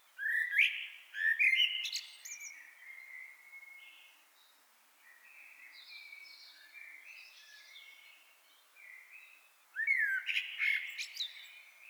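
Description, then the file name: Common blackbird calls: harsh chattering notes at the start, softer wavering notes in the middle, then another scratchy burst near the end. "Turdus merula"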